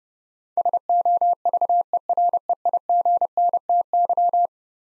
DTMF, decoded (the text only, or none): none